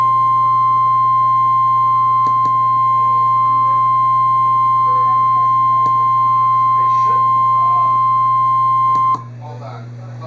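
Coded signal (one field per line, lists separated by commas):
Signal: Emergency Alert System (SAME) tones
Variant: 1050 Hz attention tone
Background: speech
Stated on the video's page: Real tornado warning received on NOAA Weather Radio.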